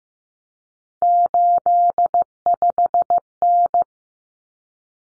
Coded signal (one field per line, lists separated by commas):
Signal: Morse code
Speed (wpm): 15 wpm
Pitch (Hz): 700 Hz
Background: none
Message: 85N